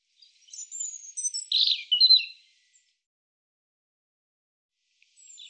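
European robin song, a brief high phrase of thin whistles and a buzzy note, followed by silence and a faint final note.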